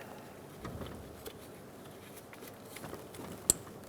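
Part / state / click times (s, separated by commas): wiring connector onto coolant temperature sensor / seated / 3.5 s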